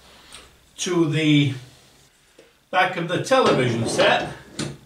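A wall-mount bracket plate is handled against the back of a large television while someone talks, with a few faint knocks. Nothing has seated or clicked into place yet.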